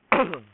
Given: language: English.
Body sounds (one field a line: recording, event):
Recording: throat vibration sensor signal played as sound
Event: throat clearing